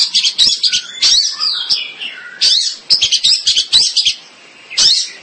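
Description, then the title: Long-tailed shrike song, a fast jumble of harsh chirps and scratchy high notes with brief whistled slurs, delivered in bursts with a short pause near the end. "Kicau Burung Pentet"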